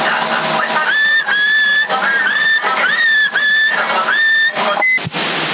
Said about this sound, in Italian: Riesci a fischiare un po', 2-3 secondi?